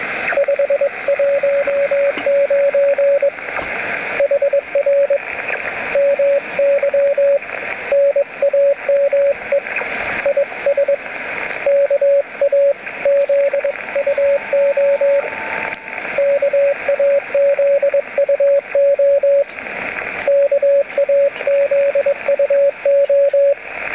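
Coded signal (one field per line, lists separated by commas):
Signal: Morse code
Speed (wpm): 21 wpm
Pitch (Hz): 560 Hz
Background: radio noise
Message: 519 HR MY NAME IS KAZUO KAZUO KAZUO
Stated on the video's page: Morse on 10 metres from a beach, using a home-made bi-square wire antenna through an antenna coupler; mostly DX contacts, not all reports Q5.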